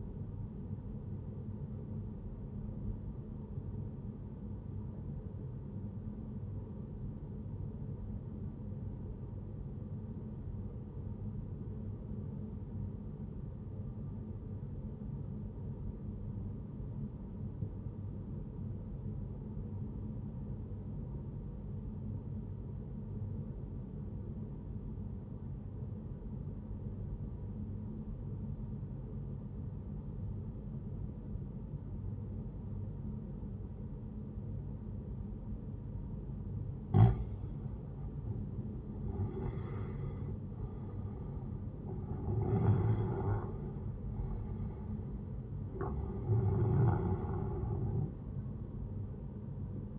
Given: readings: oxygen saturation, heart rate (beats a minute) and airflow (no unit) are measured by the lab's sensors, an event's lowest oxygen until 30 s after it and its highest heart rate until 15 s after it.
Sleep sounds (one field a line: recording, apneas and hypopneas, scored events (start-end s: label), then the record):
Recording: breathing in sleep by a smartphone at the bedside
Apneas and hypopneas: 1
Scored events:
4.00-38.00 s: obstructive apnea (N1, oxygen 97% highest, then 91% lowest, heart rate 61 at the start, 76 highest)
From the record:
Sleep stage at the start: N1 (lightest sleep)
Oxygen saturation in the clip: 92 to 97%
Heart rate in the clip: 60 to 76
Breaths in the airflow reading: 3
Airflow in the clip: -8.4 to 10.8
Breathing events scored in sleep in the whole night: 131 in 7.2 hours asleep